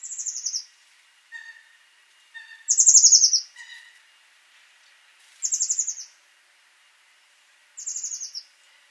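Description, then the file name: Eurasian blue tit calls: repeated high, buzzy chattering notes that fall slightly, every two to three seconds, with soft lower chips between them. "Cyanistes caeruleus"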